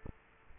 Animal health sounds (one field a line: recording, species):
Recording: mosquito wingbeat signal from an infrared sensor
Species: Aedes aegypti